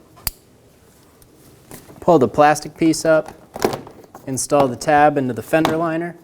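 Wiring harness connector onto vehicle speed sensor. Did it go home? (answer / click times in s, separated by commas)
yes / 0.3 s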